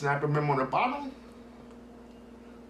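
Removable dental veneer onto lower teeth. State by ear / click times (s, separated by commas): not seated / none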